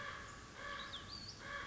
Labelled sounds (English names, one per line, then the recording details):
Common Raven
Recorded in Sonoma County, California